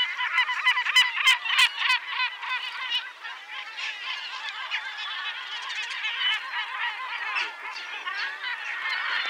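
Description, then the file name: Yellow-legged gull colony calls: dense overlapping harsh, wailing and laughing notes from several birds, a loud rapid burst at the start, then a continuous chorus. "Goéland leucophée (Larus michahellis) - Cris et chants"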